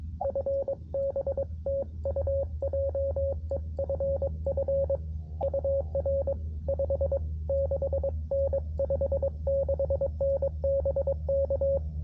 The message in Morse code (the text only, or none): FB TU JEFF UR 56N 56N BK